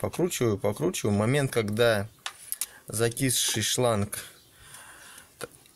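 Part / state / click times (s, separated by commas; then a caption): rubber hose on engine intake fitting / released / 5.4 s. On a Hyundai ix55 / Veracruz 3.8 during spark plug replacement, someone talks while twisting a rubber intake or breather hose on its engine fitting with crimping pliers. At 5.4 s a sharp click is heard as the hose comes free of the fitting, followed by a couple of fainter ticks.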